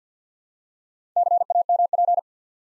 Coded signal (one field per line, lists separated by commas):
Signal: Morse code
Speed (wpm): 50 wpm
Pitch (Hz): 700 Hz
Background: none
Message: CAMP